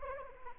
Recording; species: mosquito wingbeat signal from an infrared sensor; Anopheles arabiensis